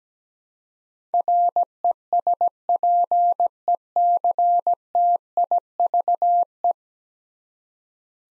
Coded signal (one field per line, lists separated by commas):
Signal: Morse code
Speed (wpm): 17 wpm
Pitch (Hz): 700 Hz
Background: none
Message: RESPECTIVE